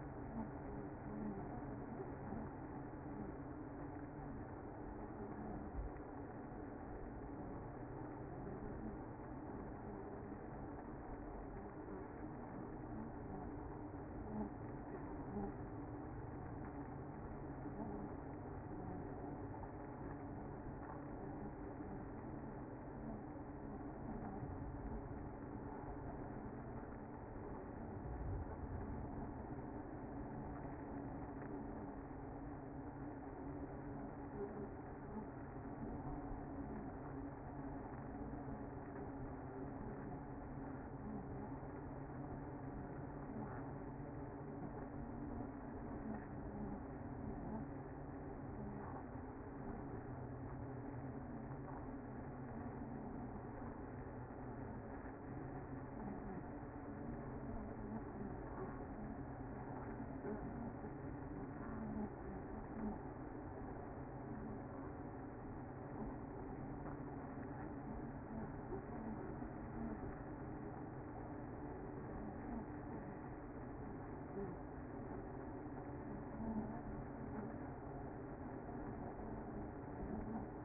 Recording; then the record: honeybee colony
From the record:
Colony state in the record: active